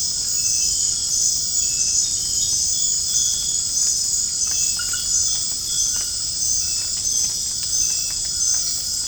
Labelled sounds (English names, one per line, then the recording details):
none
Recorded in dense forest near Puerto Asís, Putumayo, Colombia, on 27 June 2025 at 20:00
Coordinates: 0.481, -76.323
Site G072